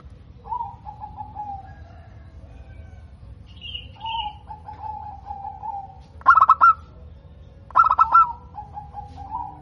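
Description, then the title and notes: Zebra dove song: quick pulsed coo bursts twice near the end, among lower drawn-out warbling notes and a brief higher chirp, with constant low background rumble. Local zebra dove, described as singing actively (gacor) with a clear, loud 'crystal' voice. "PERKUTUT LOKAL GACOR Suara KRISTAL LANTANG. Kicau Burung Perkutut"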